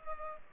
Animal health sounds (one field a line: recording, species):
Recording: mosquito wingbeat signal from an infrared sensor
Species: Culex pipiens